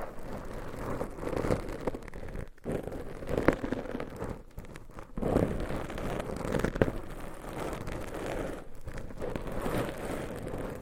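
Scratching and tapping on a binaural mic fill the clip with a dense, rough rustle that runs almost without a break. The texture is low and full, with brief dropouts near 2.5, 4.5 and 8.7 seconds and sharper taps around 3.5, 5.3 and 6.8 seconds.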